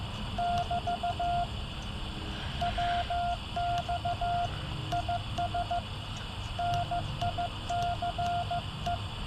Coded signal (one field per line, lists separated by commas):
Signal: Morse code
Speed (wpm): 14 wpm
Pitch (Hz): 700 Hz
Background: radio noise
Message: <BT> WX IS NICE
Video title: a Spring night ~ Yaesu 891 ~ CW QSO ~ SubTitles